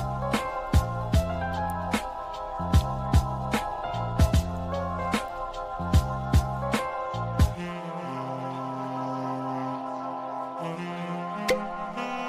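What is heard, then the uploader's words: Slow jazz plays in a bar, with a walking bass line and sharp, evenly spaced drum hits for the first seven seconds or so. The drums then drop out, leaving sustained mellow chords and a softer bass carrying through to the end. 1950's bar | jazz noir music. Bar ambience.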